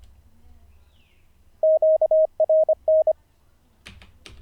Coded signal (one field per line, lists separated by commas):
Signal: Morse code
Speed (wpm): 25 wpm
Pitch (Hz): 630 Hz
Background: none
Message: QRN